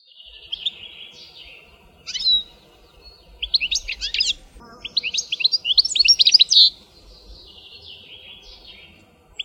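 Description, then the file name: European goldfinch song: bright twittering phrases of quick high notes and buzzy trills in bursts, with short pauses between phrases. "schegol"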